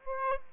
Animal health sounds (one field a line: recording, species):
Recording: mosquito wingbeat signal from an infrared sensor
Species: Aedes aegypti